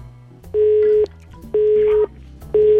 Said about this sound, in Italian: Sta squillando.